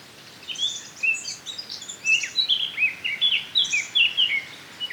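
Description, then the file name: Eurasian blackcap song: a run of clear, varied whistled and warbled phrases, each note sharp and brief. "Sylvia atricapilla"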